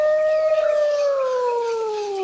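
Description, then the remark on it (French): A single long wolf howl holds a steady, mid-pitched tone that slowly slides downward over about two seconds. It rings out loud and clear, with no talking over it. “Il était une fois un jeune loup qui vivait dans la forêt avec son père et ses trois frères.”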